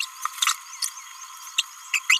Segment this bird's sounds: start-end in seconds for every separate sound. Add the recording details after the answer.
0.01-0.05, 0.82-0.88, 1.58-1.62, 1.94-1.99, 2.10-2.18. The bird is a male. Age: 29 days. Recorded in a nest box in Venezuela. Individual 17B31A1